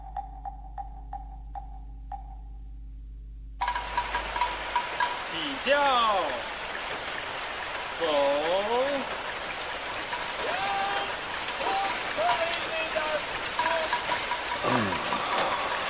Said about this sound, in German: Der Richter lehnte sich in das Polster des Tragstuhls zurück und streckte seine Hand aus, damit er die kühlen Regentropfen spüren konnte.